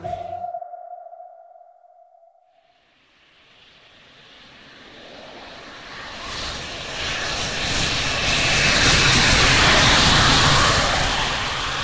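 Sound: airplane engine roar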